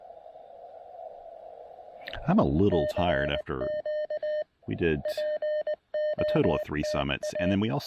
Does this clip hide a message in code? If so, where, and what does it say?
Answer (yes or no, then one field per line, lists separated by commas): yes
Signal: Morse code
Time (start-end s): 2.4-7.5 s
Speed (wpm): 19 wpm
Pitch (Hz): 590 Hz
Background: speech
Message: E CQ POTA